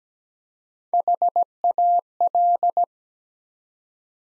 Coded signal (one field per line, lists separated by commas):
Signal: Morse code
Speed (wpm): 17 wpm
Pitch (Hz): 700 Hz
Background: none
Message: HAL